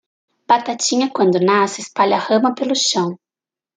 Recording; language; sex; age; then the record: short text; Brazilian Portuguese; female; 30 to 39 years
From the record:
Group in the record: control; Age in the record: 37 years